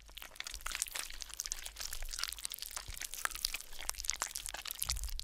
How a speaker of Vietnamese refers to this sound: Hôm đấy khi đám con cháu của bà đang khóc lóc bù lu bù loa bên quan tài, thì tự nhiên nghe thấy những âm thanh ghê rợn, nhóp nhép nhọp nhẹp.